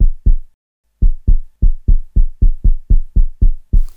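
Low, dull thumps come quickly and evenly after a brief pause near the start, with a faint hiss at the end. These are simulated heart sounds heard through a stethoscope on a training mannequin, which has been set to a different heart sound so it now sounds different.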